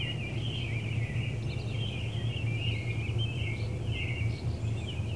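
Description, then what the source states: Birds chirping in a dense, continuous chorus of high twittering notes, with a steady low hum and rumble underneath throughout. Several birds chirping in an urban area.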